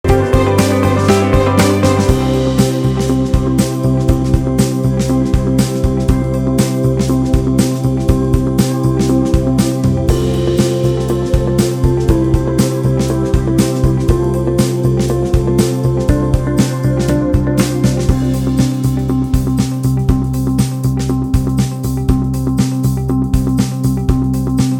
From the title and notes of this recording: A walk through the MRI suite in the Center for Brain, Biology and Behavior at the University of Nebraska-Lincoln.